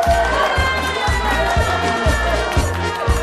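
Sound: crowd applause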